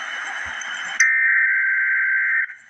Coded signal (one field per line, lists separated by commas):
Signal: Emergency Alert System (SAME) tones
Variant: header bursts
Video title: Emergency Alert System - Special Weather Statement - Jun 27, 2025 at 9:17 PM EDT